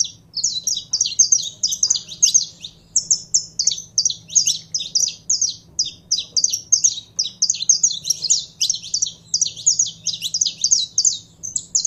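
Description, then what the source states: Belgian canary song, a long run of bright, rapidly repeated high chirps and trills, with a soft low hum in the background. Song of a purebred Belgian canary.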